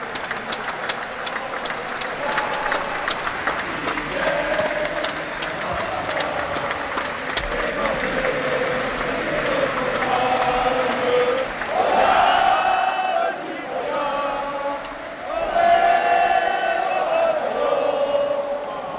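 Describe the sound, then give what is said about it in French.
A concert audience at Bercy applauds loudly and steadily with dense, crackling clapping and cheers; partway through, many voices spontaneously swell into a loud collective singing of La Marseillaise over the ongoing applause. “tandis qu'ils chantent, le fond de la scène se teinte aux couleurs nationales, sous les applaudissements nourris du public, qui spontanément entame une Marseillaise”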